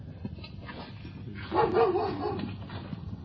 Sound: dog barking

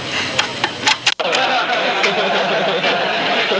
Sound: laughter

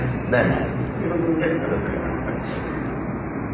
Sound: chuckles

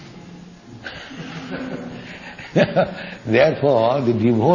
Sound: laughter

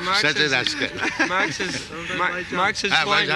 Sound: laughter

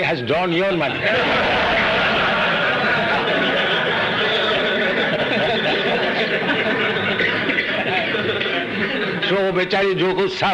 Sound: laughter

